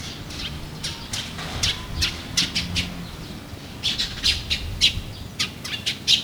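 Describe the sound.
Bird calls, a scattered series of short sharp high chirps and squawks, bunched in quick bursts with brief pauses, over a low steady rumble.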